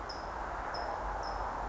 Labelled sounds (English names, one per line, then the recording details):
California Towhee
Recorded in Sonoma County, California